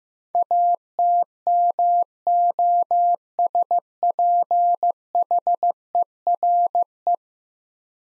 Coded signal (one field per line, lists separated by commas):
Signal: Morse code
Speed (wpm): 15 wpm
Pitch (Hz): 700 Hz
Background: none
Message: ATMOSPHERE